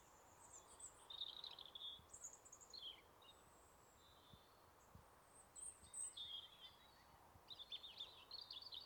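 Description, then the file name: European robin song, varied high warbling phrases with thin whistles and rapid trills, coming in quick bursts against constant low rumbling noise. "Erithacus rubecula"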